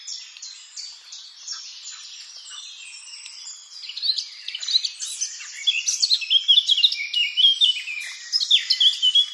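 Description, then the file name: Eurasian blackcap song: a long scratchy, chattering warble that grows louder midway into rapid, varied phrases, continuous throughout. "Sylvia atricapilla"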